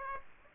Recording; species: mosquito wingbeat signal from an infrared sensor; Aedes aegypti